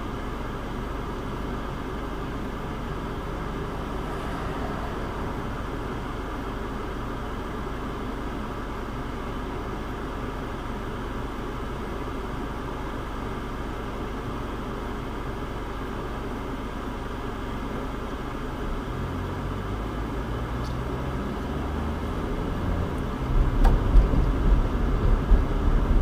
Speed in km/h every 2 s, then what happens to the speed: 0, 0, 0, 0, 0, 0, 0, 0, 0, 8, 19, 27, 35.
0-17 standing. 17-26 pulls away to 35.